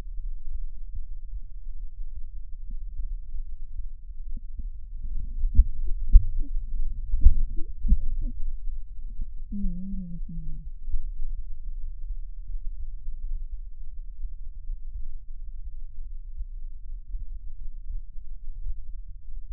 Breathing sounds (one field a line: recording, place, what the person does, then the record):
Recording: lung sounds by stethoscope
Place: right anterior apical chest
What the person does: quiet breathing, then cough and speech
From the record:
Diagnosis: asthma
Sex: female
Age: 65 years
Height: 157 cm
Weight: 70.2 kg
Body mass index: 28.5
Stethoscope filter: bell mode